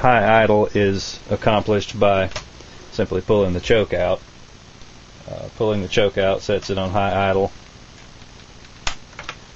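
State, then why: Released. A person talks about an Echo CS-400 chainsaw, with the choke pulled out so the throttle is held in the high-idle position. At 8.9 s, a sharp click sounds as the throttle trigger is pulled and releases the high-idle catch, returning the saw to normal idle. A couple of fainter clicks follow.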